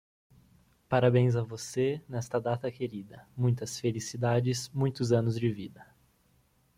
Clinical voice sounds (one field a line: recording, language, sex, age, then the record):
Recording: short text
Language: Brazilian Portuguese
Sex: male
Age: 18 to 19 years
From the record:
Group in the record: control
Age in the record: 19 years